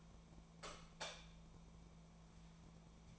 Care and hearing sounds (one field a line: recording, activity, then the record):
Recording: daily activity, microphone in the room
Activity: light off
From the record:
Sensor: 1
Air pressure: 1000.1 hPa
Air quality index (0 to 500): 130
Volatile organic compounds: 2 ppm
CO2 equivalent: 1231 ppm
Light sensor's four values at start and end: 30/81/33/39 and 26/66/27/33